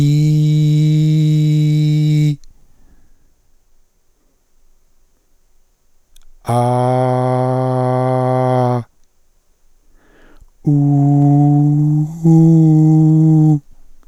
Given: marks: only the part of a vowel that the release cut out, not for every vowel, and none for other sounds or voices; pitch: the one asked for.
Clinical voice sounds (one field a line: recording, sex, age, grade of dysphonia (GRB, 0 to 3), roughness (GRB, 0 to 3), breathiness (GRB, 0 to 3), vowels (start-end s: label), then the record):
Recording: sustained vowels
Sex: male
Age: 60 to 69 years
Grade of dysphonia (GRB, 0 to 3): 2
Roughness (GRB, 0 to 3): 2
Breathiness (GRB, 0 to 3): 2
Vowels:
0.00-2.18 s: vowel /i/, normal pitch
6.65-8.56 s: vowel /a/, normal pitch
10.82-13.44 s: vowel /u/, normal pitch
From the record:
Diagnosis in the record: cordectomy, ventricular fold phonation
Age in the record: 63 years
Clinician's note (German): Zustand danach, beidseitige Synechie, kompensierte Taschenfaltenstimme